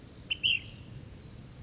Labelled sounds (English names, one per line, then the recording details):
Ash-throated Flycatcher
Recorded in Sonoma County, California